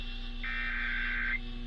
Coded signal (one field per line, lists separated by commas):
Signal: Emergency Alert System (SAME) tones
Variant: header bursts